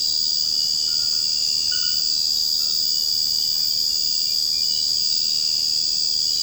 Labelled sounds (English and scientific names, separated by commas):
none